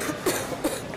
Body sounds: coughing mixed with background sound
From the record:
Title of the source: Single wet cough

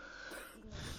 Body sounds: coughing mixed with background sound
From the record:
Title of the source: 30 Chesty and wet cough

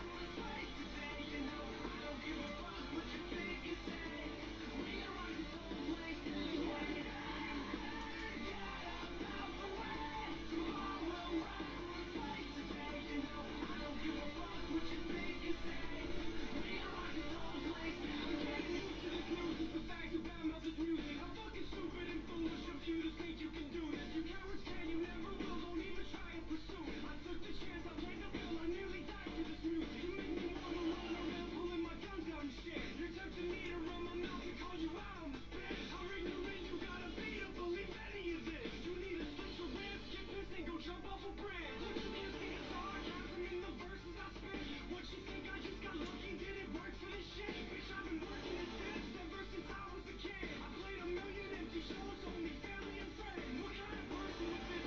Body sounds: background sound without coughing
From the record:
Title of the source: BackgroundMusic

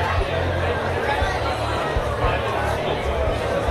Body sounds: background sound without coughing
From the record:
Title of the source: CITY SOUNDS Busy Bar in the Evening Night - 2 HOURS of Ambiance for Relaxation

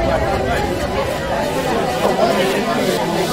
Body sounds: background sound without coughing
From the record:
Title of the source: Nightlife Party Simulating Party Club Noise 1 Hour

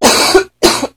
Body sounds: coughing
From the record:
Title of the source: 61 morning phlegmy cough...again

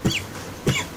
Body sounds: coughing mixed with background sound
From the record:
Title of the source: Dry Coughing Fit in the Afternoon.

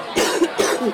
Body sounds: coughing mixed with background sound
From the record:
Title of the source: 60 coughing still (deep and wet cough)

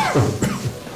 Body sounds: coughing mixed with background sound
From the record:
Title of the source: Mid-morning Winter Coughing Fit

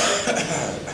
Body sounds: coughing mixed with background sound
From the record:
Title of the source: Wet Throat Infection Cough

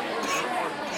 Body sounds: coughing mixed with background sound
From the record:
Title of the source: 64 coughing, allergies, singing lungs

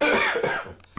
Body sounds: coughing mixed with background sound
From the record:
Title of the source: Spring Cold Coughing 2

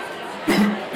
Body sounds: coughing mixed with background sound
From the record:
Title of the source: Man Coughing Sound - Wet Cough Sound Effect

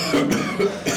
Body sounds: coughing mixed with background sound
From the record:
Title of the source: Spring Cold Coughing 3

